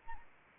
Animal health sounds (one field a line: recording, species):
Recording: mosquito wingbeat signal from an infrared sensor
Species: Anopheles arabiensis